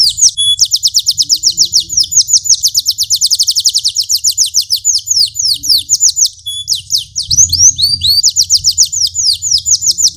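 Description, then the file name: Canary song: long, fast rolling trills of high, bright notes, shifting between rapid ticking runs and slower sweeping phrases, with a faint low hum underneath. Large standard canary, singing with two-minute pauses. "audio kenari standar besar lemonthy jeda 2 menit"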